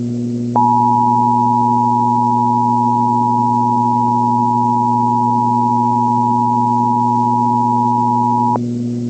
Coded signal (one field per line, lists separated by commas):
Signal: Emergency Alert System (SAME) tones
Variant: 853 and 960 Hz attention tone